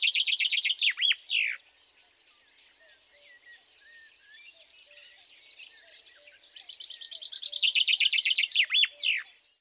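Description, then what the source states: Common chaffinch song: two bright, rattling phrases of rapid notes that end in a quick flourish, separated by a few seconds of faint background calls. Recorded in a marsh.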